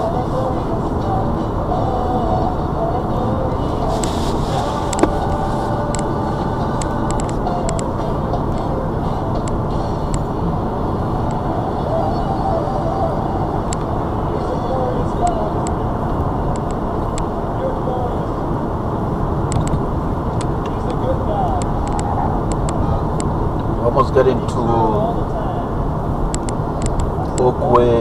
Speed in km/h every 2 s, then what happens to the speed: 79, 77, 76, 74, 74, 72, 76, 77, 77, 72, 71, 69, 66, 66.
0-15 steady at about 76. 15-28 slows to 66.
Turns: none.